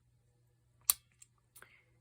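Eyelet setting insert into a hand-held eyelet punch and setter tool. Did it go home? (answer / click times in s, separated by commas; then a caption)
yes / 0.9 s. The smaller setting insert, chosen to match a copper eyelet, is fitted into a hand-held eyelet punch and setter tool. It snaps into place with one sharp click at 0.9 s, followed by two fainter ticks near 1.2 s and 1.6 s. The insert is seated.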